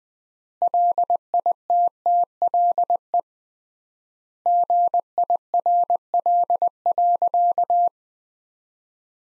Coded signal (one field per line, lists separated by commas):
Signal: Morse code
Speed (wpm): 21 wpm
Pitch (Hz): 700 Hz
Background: none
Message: LITTLE GIRL.